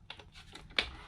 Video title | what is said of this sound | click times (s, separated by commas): Watch before you buy the Cricut Joy | let's plug this in right into the back here until you hear a little click. | 0.8 s